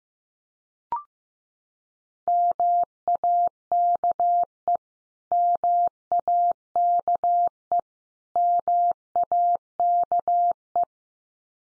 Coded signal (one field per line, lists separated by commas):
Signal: Morse code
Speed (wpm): 15 wpm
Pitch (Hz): 700 Hz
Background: none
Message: MAKE MAKE MAKE